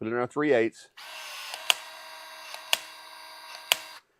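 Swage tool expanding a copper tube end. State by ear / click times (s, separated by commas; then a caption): torque reached / 1.7 s, 2.7 s, 3.7 s. Someone talks briefly, then a DeWalt DCE450 20V cordless swage tool with the 3/8 die on stage 1 runs steadily as its cone expands and retracts inside the end of a copper tube. It gives three loud, sharp clicks at the end of each stroke, at 1.7, 2.7 and 3.7 seconds. After this first stage the tube end is opened up but still not large enough for the 3/8 line to fit.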